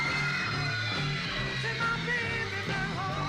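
A live rock band plays steadily beneath a constant wall of shrill, high-pitched screaming from a crowd of teenage girls, loud and unbroken throughout.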